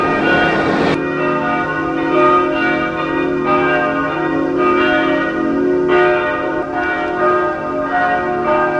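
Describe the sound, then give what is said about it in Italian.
Church bells ring loudly and steadily, with repeated strikes roughly every second blending into a rich, sustained metallic hum of overlapping tones. No voices are heard. “E risuonano le campane a ricordare la multireligiosità di questo luogo.”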